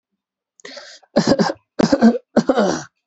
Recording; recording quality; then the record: shallow voluntary cough; excellent, no background noise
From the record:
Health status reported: healthy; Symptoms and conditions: none ticked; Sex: male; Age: 23 years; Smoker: not ticked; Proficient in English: yes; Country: India